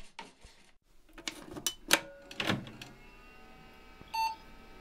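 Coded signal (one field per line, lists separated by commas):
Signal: beep code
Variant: PC BIOS POST beep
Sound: several hard clicks and clunks of hardware, then a single short beep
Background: computer hardware clicks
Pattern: 1 short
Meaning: One short beep means the power-on self test passed and the PC is working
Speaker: while I am enjoying the Sweet Sound of the post beep telling me my cheat Pentium 2 is working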